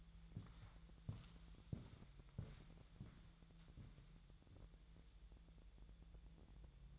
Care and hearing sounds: daily activity, microphone in the room; walk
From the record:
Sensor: 3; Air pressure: 1002.0 hPa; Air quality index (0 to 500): 240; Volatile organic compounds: 107 ppm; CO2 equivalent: 3799 ppm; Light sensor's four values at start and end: 8/19/8/8 and 8/20/8/9

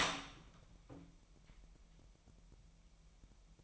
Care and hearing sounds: daily activity, microphone in the room; open door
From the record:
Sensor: 1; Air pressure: 998.5 hPa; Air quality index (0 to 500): 127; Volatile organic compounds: 3 ppm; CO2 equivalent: 1516 ppm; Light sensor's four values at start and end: 20/65/26/27 and 20/65/26/27

